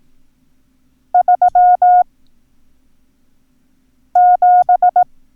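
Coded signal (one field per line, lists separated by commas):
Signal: Morse code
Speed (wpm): 18 wpm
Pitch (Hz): 720 Hz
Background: none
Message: 37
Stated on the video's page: Morse code lesson teaching the numbers 3, 5 and 7.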